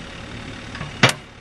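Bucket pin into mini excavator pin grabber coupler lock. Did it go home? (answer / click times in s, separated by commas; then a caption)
yes / 1.0 s. On a Cat D Series mini excavator, the pin grabber coupler engages the bucket pin, and its front steel lock drops into place with a sharp metallic clack at 1.0 s. A fainter knock comes at about 0.8 s over a steady low engine hum. The front lock is seated.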